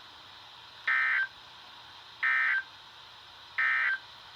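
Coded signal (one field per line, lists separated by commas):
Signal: Emergency Alert System (SAME) tones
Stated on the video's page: Tornado Warning and Severe Thunderstorm Warning received from weather radio station in Columbus, Ohio, early morning.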